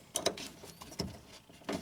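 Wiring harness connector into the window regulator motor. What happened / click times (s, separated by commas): The plastic connector snapped onto its plug / 0.2 s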